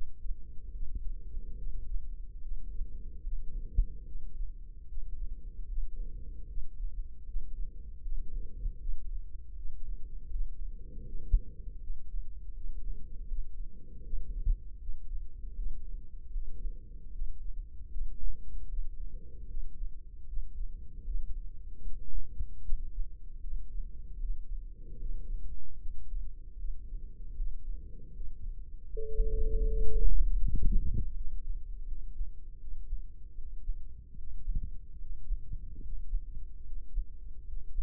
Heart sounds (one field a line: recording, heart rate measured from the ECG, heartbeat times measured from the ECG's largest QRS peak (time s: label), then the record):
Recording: heart sounds by microphone in the left ear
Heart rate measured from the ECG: 77 bpm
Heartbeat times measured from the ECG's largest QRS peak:
0.70 s: heartbeat
1.55 s: heartbeat
2.39 s: heartbeat
3.21 s: heartbeat
4.03 s: heartbeat
4.86 s: heartbeat
5.66 s: heartbeat
6.46 s: heartbeat
7.24 s: heartbeat
8.01 s: heartbeat
8.77 s: heartbeat
9.54 s: heartbeat
10.29 s: heartbeat
11.03 s: heartbeat
11.79 s: heartbeat
12.52 s: heartbeat
13.26 s: heartbeat
14.02 s: heartbeat
14.77 s: heartbeat
15.54 s: heartbeat
16.30 s: heartbeat
17.10 s: heartbeat
17.89 s: heartbeat
18.67 s: heartbeat
19.46 s: heartbeat
20.24 s: heartbeat
21.02 s: heartbeat
21.81 s: heartbeat
22.60 s: heartbeat
23.39 s: heartbeat
24.18 s: heartbeat
24.97 s: heartbeat
25.77 s: heartbeat
26.56 s: heartbeat
27.34 s: heartbeat
28.12 s: heartbeat
28.90 s: heartbeat
29.67 s: heartbeat
30.41 s: heartbeat
31.13 s: heartbeat
31.84 s: heartbeat
32.57 s: heartbeat
33.34 s: heartbeat
34.15 s: heartbeat
34.98 s: heartbeat
35.80 s: heartbeat
36.63 s: heartbeat
37.44 s: heartbeat
From the record:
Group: healthy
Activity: rest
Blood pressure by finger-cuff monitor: 102/73 mmHg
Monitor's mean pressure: 84 mmHg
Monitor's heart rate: 76 bpm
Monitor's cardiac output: 5.8 L/min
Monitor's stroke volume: 76 mL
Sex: female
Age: 32 years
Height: 172 cm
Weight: 71.7 kg